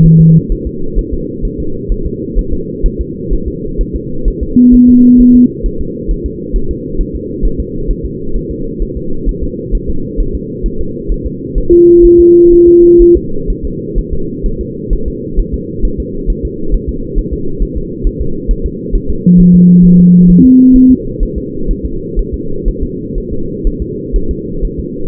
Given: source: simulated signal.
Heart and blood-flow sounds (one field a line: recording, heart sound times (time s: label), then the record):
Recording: fetal heart sounds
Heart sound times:
0.06 s: S1
0.21 s: S2
0.52 s: S1
0.67 s: S2
0.99 s: S1
1.13 s: S2
1.45 s: S1
1.60 s: S2
1.92 s: S1
2.06 s: S2
2.38 s: S1
2.53 s: S2
2.86 s: S1
3.01 s: S2
3.33 s: S1
3.48 s: S2
3.81 s: S1
3.96 s: S2
4.28 s: S1
4.43 s: S2
4.74 s: S1
4.89 s: S2
5.20 s: S1
5.35 s: S2
5.66 s: S1
5.81 s: S2
6.11 s: S1
6.26 s: S2
6.56 s: S1
6.71 s: S2
7.01 s: S1
7.15 s: S2
7.45 s: S1
7.60 s: S2
7.90 s: S1
8.05 s: S2
8.36 s: S1
8.51 s: S2
8.82 s: S1
8.97 s: S2
9.29 s: S1
9.43 s: S2
9.75 s: S1
9.89 s: S2
10.20 s: S1
10.35 s: S2
10.66 s: S1
10.81 s: S2
11.12 s: S1
11.26 s: S2
11.58 s: S1
11.73 s: S2
12.05 s: S1
12.20 s: S2
12.53 s: S1
12.68 s: S2
13.02 s: S1
13.17 s: S2
13.50 s: S1
13.65 s: S2
13.98 s: S1
14.13 s: S2
14.46 s: S1
14.61 s: S2
14.93 s: S1
15.08 s: S2
15.39 s: S1
15.54 s: S2
15.85 s: S1
16.00 s: S2
16.30 s: S1
16.45 s: S2
16.74 s: S1
16.89 s: S2
17.18 s: S1
17.33 s: S2
17.62 s: S1
17.77 s: S2
18.07 s: S1
18.21 s: S2
18.51 s: S1
18.66 s: S2
18.95 s: S1
19.10 s: S2
19.40 s: S1
19.55 s: S2
19.85 s: S1
20.00 s: S2
20.30 s: S1
20.45 s: S2
20.76 s: S1
20.91 s: S2
21.23 s: S1
21.38 s: S2
21.71 s: S1
21.85 s: S2
22.19 s: S1
22.34 s: S2
22.68 s: S1
22.83 s: S2
23.18 s: S1
23.33 s: S2
23.67 s: S1
23.82 s: S2
24.16 s: S1
24.31 s: S2
24.65 s: S1
24.79 s: S2
From the record:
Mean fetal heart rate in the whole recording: 130 bpm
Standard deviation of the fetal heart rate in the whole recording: 4 bpm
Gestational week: 38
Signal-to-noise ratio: -8.1 dB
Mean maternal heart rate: 72 bpm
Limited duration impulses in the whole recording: present